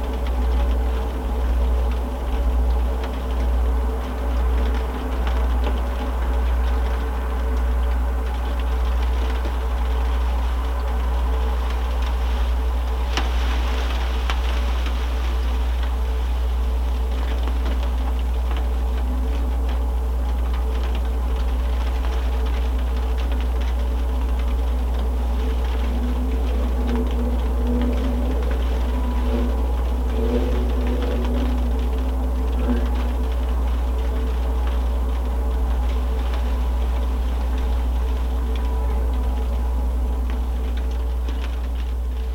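Snowfall ticks softly on a baking sheet under a loud, steady low hum, with ringing metallic tones and a brief rustle near fourteen seconds.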